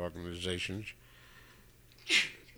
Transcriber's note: sneezes